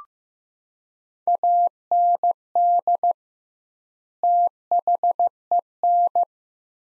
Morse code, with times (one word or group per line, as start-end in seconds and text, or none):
1.3-3.1 AND
4.2-6.2 THEN